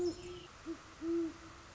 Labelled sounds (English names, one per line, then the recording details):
Great Horned Owl
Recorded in Sonoma County, California